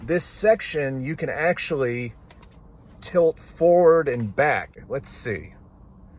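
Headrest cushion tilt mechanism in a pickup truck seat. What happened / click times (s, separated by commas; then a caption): The headrest was handled but not yet clicked into position / none. Someone talks while handling the tilting headrest cushion on the seat of a 2021 Ford F-150 Hybrid King Ranch PowerBoost FX4 pickup truck, getting ready to tilt it forward and back through its detents. Nothing has clicked into position yet.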